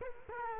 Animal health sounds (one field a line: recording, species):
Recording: mosquito wingbeat signal from an infrared sensor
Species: Culex quinquefasciatus